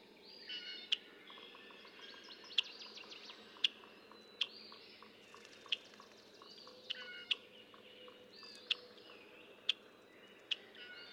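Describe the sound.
Red-winged blackbird calls: sharp clicking chips about once a second, set among buzzy trills and thin whistles over a steady hiss.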